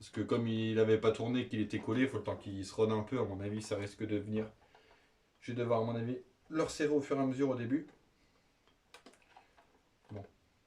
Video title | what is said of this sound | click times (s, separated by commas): Présentation et essai du corally triton brushed 👌 | maître se clipse tu vois | 8.9 s